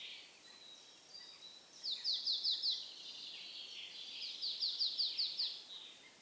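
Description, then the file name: Marsh tit song: two runs of several clipped, high downslurred notes, with faint thin chirps before and after. "Mésange nonnette"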